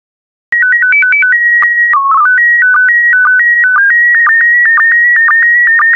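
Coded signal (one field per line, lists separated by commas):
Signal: SSTV (slow-scan television)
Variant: PD120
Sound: short stepped beeping header, then a steady warbling whistle with regular clicky dips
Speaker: complete. You can now check your decoded image against the picture that is shown on the video.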